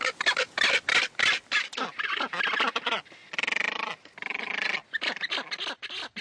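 Macaroni penguin braying calls, rapid harsh pulsed phrases with some drawn-out throbbing brays.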